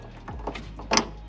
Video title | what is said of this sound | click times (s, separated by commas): Pontiac GTO Widebody Project: Coilover Install (How to Install Coilovers on Pontiac GTO) | Here it is. And you hear it snap. | 1.0 s